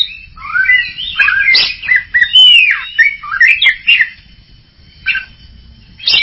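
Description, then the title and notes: Greater green leafbird singing a run of clear rising and falling whistled notes mixed with sharp chips, then a pause before two shorter, quieter bursts. Champion-grade singing bird. "Kicau Burung Cucak Ijo Juara. Suara kicauan burung cucak ijo"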